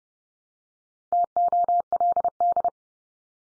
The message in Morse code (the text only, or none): TOLD